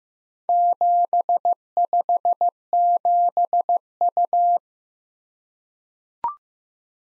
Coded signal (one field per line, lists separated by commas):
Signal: Morse code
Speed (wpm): 15 wpm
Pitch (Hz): 700 Hz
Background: none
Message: 757U